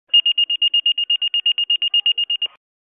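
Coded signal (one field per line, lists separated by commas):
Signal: pager alert tone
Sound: fast series of about twenty short high-pitched beeps, then silence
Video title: Fire pager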